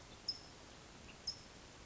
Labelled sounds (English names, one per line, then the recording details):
California Towhee
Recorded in Sonoma County, California